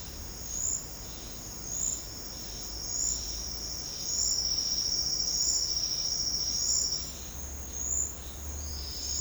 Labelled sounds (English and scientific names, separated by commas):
none